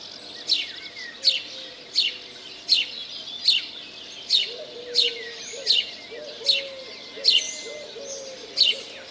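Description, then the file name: House sparrow giving a steady run of loud, sharp chirps, about one every three-quarters of a second, over faint low cooing. "Passer domesticus"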